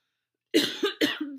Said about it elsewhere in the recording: Is sick but soldiering on this week. I always get sick when I travel for long periods. I think my immune system just took a turn for the worse. Someone coughing and sneezing on a podcast.